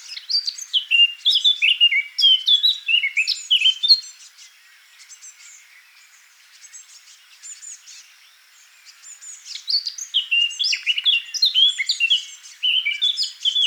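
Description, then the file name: Eurasian blackcap song in two loud bursts of quick, jumbled warbling and whistles, separated by several seconds of faint, soft twittering. "Sylvia atricapilla"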